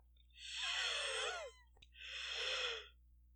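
Two wheezing breaths from an adult, each with whistling, musical tones over a breathy hiss.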